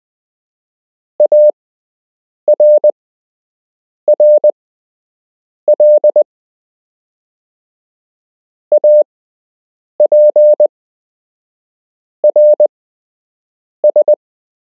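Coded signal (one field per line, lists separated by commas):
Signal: Morse code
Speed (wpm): 20 wpm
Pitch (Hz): 600 Hz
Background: none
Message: ARRL APRS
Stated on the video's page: Beginner's Morse code lesson with a structured lesson plan, part 5 of 8.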